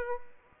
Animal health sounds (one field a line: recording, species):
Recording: mosquito wingbeat signal from an infrared sensor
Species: Aedes aegypti